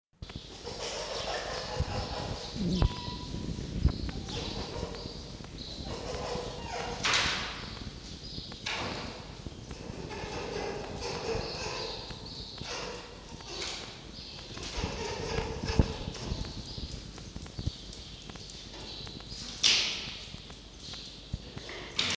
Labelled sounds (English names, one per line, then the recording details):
Red Fox
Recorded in captivity
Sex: pair
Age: adult
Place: Zoologisches Institut der HUB, Berlin, DE
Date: 1953-05-19 18:05
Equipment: Elmetra
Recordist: Tembrock, Günter
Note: Fiffi: Muffen mit Fleisch; Jupp: Muffen mit Fleisch